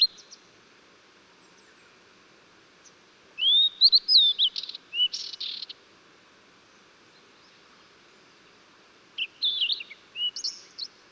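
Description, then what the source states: Blue-and-white flycatcher song: a burst of clear, slurred whistles and sharp high notes around 3.5 to 6 seconds, then another phrase near 9 seconds, over a faint steady hiss. Recorded 14 June 2009.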